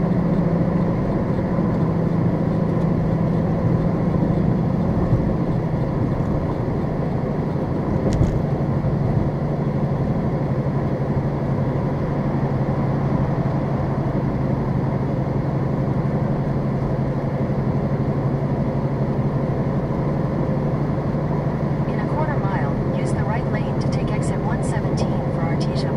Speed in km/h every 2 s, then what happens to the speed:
97, 95, 92, 87, 85, 82, 81, 81, 81, 82, 84, 84, 84.
0-12 slows to 81. 12-26 steady at about 82.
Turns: none.